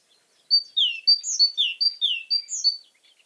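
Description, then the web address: Great tit song: a quick series of clear phrases, a high whistle then a lower downslurred note, repeated several times in a steady, ringing rhythm. "Aktivitetsbanken. Fuglelyder Kjøttmeis"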